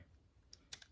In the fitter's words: they just snap in place